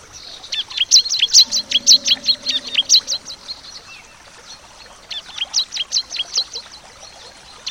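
Bar-winged prinia song: fast runs of sharp, high chipping notes in two bursts.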